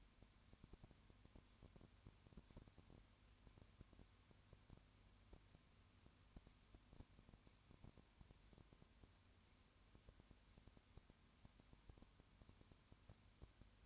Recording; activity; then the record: daily activity, microphone in the room; no activity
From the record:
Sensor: 2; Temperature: 20.3 degrees Celsius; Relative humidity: 35.6%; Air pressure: 1001.0 hPa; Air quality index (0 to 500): 197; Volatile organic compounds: 5 ppm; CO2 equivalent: 1736 ppm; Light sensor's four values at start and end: 2/3/2/2 and 2/3/2/2